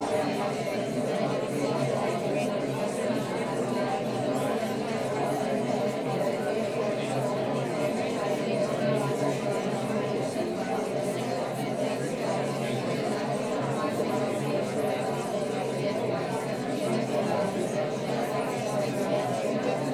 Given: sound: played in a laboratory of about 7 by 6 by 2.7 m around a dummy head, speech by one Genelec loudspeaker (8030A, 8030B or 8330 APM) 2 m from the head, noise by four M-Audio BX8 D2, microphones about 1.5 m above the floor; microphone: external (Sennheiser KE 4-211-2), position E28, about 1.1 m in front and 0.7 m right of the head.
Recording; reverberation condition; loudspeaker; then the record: babble noise; low; four, about 170 cm from the corners of the room and facing them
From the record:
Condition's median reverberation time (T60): about 310 ms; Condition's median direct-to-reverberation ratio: about 3.5 dB